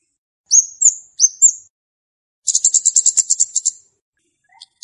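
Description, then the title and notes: Flowerpecker song opening with two pairs of high upslurred whistles, followed by a fast even trill of about a dozen ticking notes. Song of the flowerpecker known locally as cabe-cabean, used as a lure call to attract birds. "Kicau Untuk Pancing Burung Kemade ( Cabe Cabean). Suara Burung Cabe Cabean Pikat"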